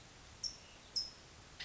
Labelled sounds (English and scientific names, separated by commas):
California Towhee (Melozone crissalis)